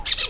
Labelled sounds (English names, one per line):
Brown-throated Parakeet contact call